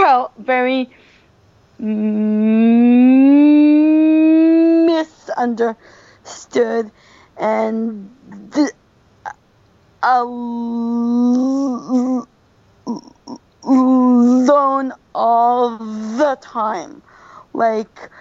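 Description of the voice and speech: Adult woman who has stuttered since she started talking, speaking with stuttering: long, drawn-out voiced prolongations of sounds and silent blocks of several seconds breaking up the words. She has had speech therapy, where she was taught to speak slower and blend words together.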